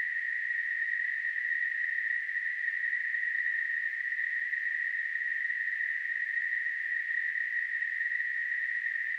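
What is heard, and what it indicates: A simulated tinnitus sound: a steady, continuous narrow-band hiss centered near 2 kHz, with fainter noise spreading from about 1 to 8 kHz, unchanging in pitch and loudness throughout.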